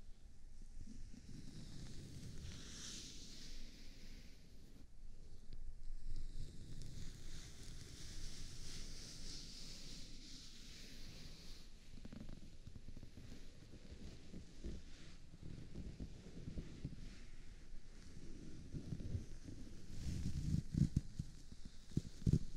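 Ears being cleaned and massaged, heard as steady low rubbing and muffled rumbling throughout. Soft, hissy swishes rise over the rubbing around 2–4 and 7–11 seconds, then give way to denser crackling strokes, with a few heavier bumps near 20–22 seconds.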